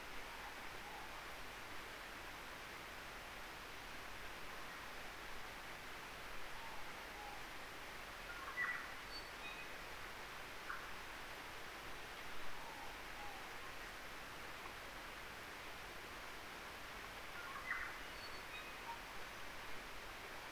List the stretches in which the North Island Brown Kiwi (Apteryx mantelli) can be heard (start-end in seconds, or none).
none